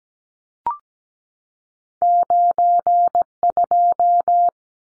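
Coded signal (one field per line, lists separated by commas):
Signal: Morse code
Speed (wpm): 17 wpm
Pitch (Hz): 700 Hz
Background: none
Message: 92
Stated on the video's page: Two-digit numbers sent at 17 wpm for head-copy drill, each sent, spoken, then sent again.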